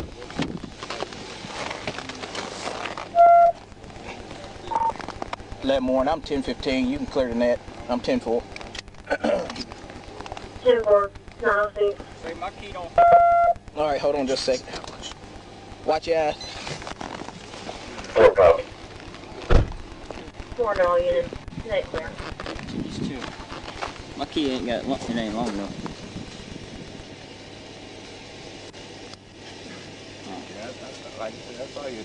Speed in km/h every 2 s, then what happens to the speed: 0, 0, 0, 0, 0, 0, 0, 0, 0, 0, 0, 0, 0, 0, 0, 0.
0-32 standing.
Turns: none.